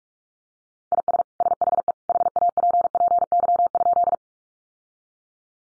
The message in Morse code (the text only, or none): IS SHE HAPPY?